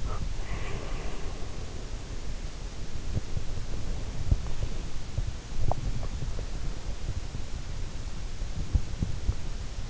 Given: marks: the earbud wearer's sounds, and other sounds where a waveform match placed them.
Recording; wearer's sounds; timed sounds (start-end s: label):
sounds in sleep by an in-ear microphone; breath
0.00-1.83 s: breath
5.62-5.78 s: sound from someone else or the room